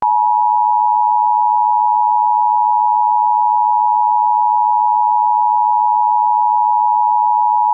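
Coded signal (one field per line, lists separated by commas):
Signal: Emergency Alert System (SAME) tones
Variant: 853 and 960 Hz attention tone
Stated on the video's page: Fictional EAS alert themed on SCP 001 When Day Breaks.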